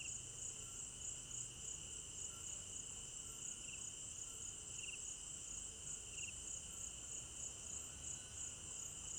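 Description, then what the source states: Crickets chirping in a dense, continuous high-pitched chorus, with a steady shrill band and a lower band with a few brief chirps; faint low rumble underneath. Crickets at night in an African village garden; recorded in stereo binaural.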